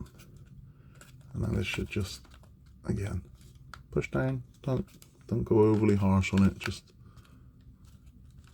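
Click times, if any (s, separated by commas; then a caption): none. A wooden part from a Rolife vintage gramophone music box model kit is pressed down gently toward its slot in the model frame, with faint light taps and clicks heard around it while someone talks. Nothing has popped into place or seated yet by the end of the clip.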